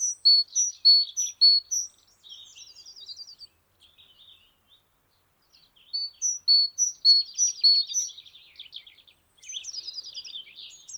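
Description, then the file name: Great tit calls: bright two-note phrases repeated rapidly in runs, mixed with buzzy churring notes and quieter twittering, pausing briefly midway. "Parus major"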